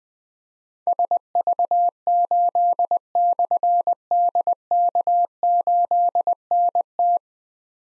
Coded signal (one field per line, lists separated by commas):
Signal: Morse code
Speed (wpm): 20 wpm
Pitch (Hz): 700 Hz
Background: none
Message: SV8/DK8NT